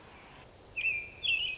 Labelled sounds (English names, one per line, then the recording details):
American Robin
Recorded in Sonoma County, California